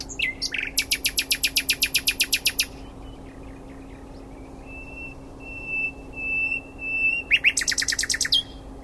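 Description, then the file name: Common nightingale delivering a long rattling run of evenly repeated notes, then a sequence of pure, drawn-out whistles, ending with another fast repeated-note burst. "Luscinia megarhynchos"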